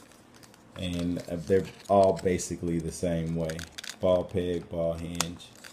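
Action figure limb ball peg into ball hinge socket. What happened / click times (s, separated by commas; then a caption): The plastic ball peg is handled but has not yet snapped home / none. A hard-plastic S.H. Figuarts Dragon Ball Z Broly action figure is handled as a limb's plastic ball peg is brought back toward its ball hinge socket, with faint plastic ticks near the start and end while someone talks. The clip ends just before the peg goes home, so nothing has seated or clicked yet.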